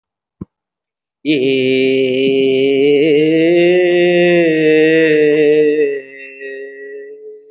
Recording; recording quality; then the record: sustained vowel as in made; excellent, no background noise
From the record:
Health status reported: respiratory illness, not identified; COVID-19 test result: not tested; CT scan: not taken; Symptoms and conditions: breathing difficulty, muscle pain, asthma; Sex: male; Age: 43 years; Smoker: no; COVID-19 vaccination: one dose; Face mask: worn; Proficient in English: yes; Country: India